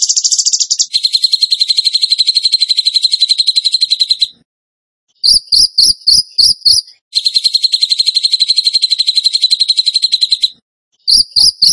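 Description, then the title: Bird song made of long steady buzzy trills alternating with runs of short sharp high chips, repeated after brief silences. Masteran training song for songbirds in the tembakan gacor song style. "Masteran Burung Tembakan Gacor"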